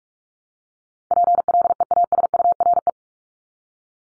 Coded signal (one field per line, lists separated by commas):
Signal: Morse code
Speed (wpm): 44 wpm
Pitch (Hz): 700 Hz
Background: none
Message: PLEASURE